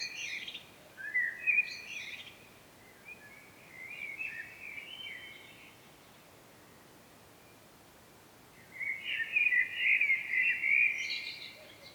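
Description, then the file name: Common blackbird song: fluty warbled phrases with twittering endings, a quiet gap midway, then a long rich phrase near the end, over soft hiss. "Turdus merula"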